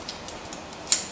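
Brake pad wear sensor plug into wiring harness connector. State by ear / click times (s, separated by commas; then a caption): seated / 0.9 s. A previously disconnected brake pad wear sensor plug from the front brakes of a 2012-2016 Audi Q5 is pushed back into its plastic wiring harness connector. A few faint ticks come first, then a sharp, bright snap at 0.9 s as the latch seats. The connector is confirmed snapped in place.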